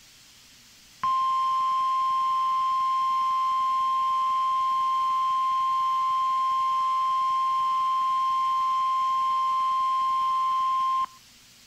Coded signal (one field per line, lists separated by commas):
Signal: Emergency Alert System (SAME) tones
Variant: 1050 Hz attention tone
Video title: EAS #1261 - Flash Flood Warning in SC 10-4-2015